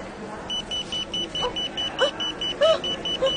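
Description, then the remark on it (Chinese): A security baggage scanner alarm at a border checkpoint beeps in a quick, steady run of short high-pitched tones over a low mechanical hum, with a few brief chirping sounds mixed in, as a luggage bag goes through on the conveyor belt. “阿小姐， 哔哔哔哔声嘅。”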